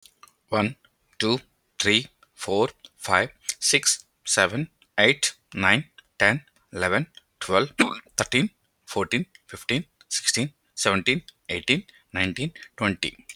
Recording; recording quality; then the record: counting at a normal pace; excellent, no background noise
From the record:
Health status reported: healthy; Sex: male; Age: 36 years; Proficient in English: yes